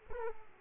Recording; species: mosquito wingbeat signal from an infrared sensor; Aedes aegypti